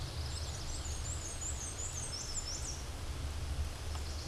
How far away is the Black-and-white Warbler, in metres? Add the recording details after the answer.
about 30 m. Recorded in a Pennsylvania forest on 17 May 2023 at 12:04. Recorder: AudioMoth, point grid1_4_low. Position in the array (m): 51 m, 84 m